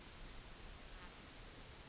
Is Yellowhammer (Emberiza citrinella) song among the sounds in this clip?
no